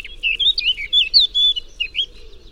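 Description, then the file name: Eurasian blackcap song of rich, fluted whistles, several clear notes sliding up and down in quick succession. "Sylvia atricapilla"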